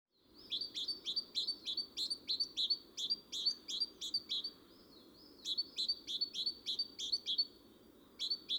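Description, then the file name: Great tit: long rapid runs of bright, clipped high notes, about three per second, broken by brief gaps. "Parus major"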